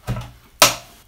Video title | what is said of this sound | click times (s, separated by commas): First Profitable Simple Mining Rig Build - Graft | him in you go hear the click and then | 0.6 s